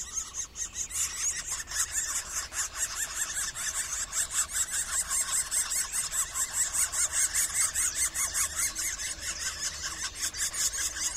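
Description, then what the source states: Middle spotted woodpecker calling: scratchy, squeaky notes in a fast, fairly even series, about two and a half per second, with constant high background hiss. Daytime.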